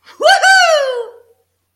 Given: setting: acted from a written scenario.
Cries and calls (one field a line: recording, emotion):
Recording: vocal sound without words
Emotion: triumph